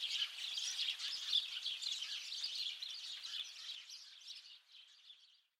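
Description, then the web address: Bird calls, a dense run of high, scratchy chirps overlapping continuously, fading out over the last second. "Deverinetal 2025. Bird Only"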